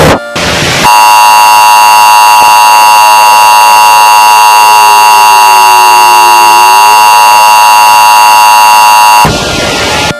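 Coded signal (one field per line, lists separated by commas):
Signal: Emergency Alert System (SAME) tones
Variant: 853 and 960 Hz attention tone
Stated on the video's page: Fictional mock EAS alert.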